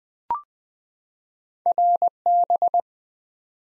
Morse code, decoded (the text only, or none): RB